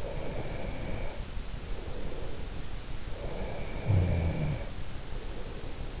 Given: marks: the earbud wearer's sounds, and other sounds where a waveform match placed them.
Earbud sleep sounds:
sounds in sleep by an in-ear microphone; breath, snoring breath
0.13-2.36 s: breath
3.14-5.82 s: snoring breath

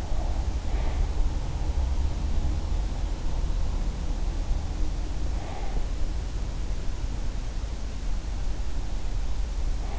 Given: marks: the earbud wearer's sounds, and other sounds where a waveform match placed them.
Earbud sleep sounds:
sounds in sleep by an in-ear microphone; breath
0.00-1.03 s: breath
5.32-5.92 s: breath

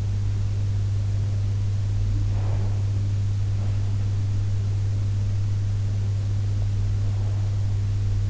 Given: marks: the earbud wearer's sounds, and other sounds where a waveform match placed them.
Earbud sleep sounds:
sounds in sleep by an in-ear microphone; breath
1.96-3.23 s: breath

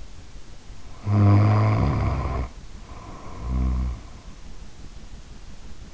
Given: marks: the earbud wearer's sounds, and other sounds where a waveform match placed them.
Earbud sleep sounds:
sounds in sleep by an in-ear microphone; snoring breath
0.92-4.31 s: snoring breath

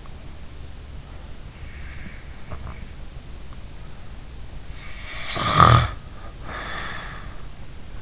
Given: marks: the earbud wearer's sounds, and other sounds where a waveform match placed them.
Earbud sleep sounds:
sounds in sleep by an in-ear microphone; snoring breath
1.53-2.86 s: snoring breath
4.69-7.39 s: snoring breath

